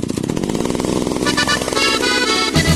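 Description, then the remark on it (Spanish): A chainsaw engine revs loudly with a dense, buzzing two-stroke roar. Its pitch climbs and wavers before a brief drop near the end, with no voices. “Agrifor es el que más sabe de motosierras en Talca.”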